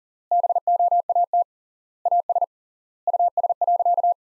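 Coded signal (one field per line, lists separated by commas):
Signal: Morse code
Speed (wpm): 37 wpm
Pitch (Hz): 700 Hz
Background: none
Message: BOAT AS US.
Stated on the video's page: Morse practice sentences from top 500 words at 40 wpm, with 3x standard word spacing, a Farnsworth-like method.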